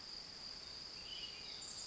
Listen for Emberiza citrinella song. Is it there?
no